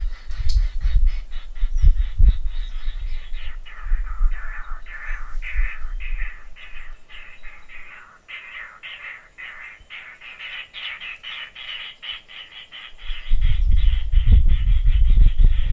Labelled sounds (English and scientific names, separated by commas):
White-headed Barbet (Lybius leucocephalus)